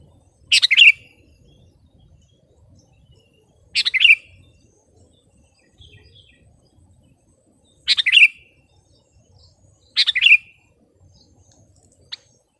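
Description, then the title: Sooty-headed bulbul giving four short, bright, slurred phrases, spaced two to four seconds apart with quiet between them. "kutilang"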